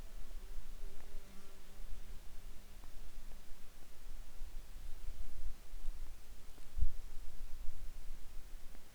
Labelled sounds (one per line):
insects